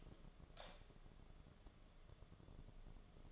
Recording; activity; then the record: daily activity, microphone in the room; light off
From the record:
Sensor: 4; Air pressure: 1011.1 hPa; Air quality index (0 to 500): 146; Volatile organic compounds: 3 ppm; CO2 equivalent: 1499 ppm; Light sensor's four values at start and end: 130/341/144/149 and 129/338/143/148